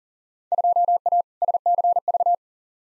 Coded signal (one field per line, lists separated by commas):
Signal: Morse code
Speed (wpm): 40 wpm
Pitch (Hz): 700 Hz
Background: none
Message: 2A SCV